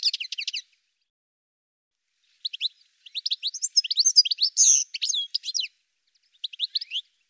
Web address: birddata Deverinetal 2025 Bird Ca Ca Ca Ca